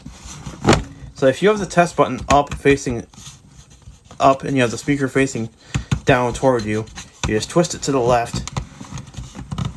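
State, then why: Released. A plastic smoke alarm is twisted to the left on its mounting plate while someone talks. It clicks free of the plate at 9.6 seconds, releasing the unit.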